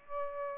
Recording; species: mosquito wingbeat signal from an infrared sensor; Aedes albopictus